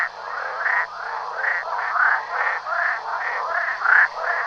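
Frog calls: a steady run of rough, honking croaks.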